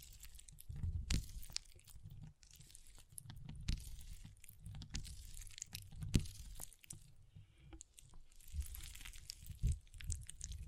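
Water beads are handled in a steady, shifting mass of soft low rumbling and rustling, with bright clicks and crackles scattered throughout. Sharper snaps stand out near 1, 3.7, 6.2 and 9.6 seconds, and a brief lull comes around 2.5 seconds.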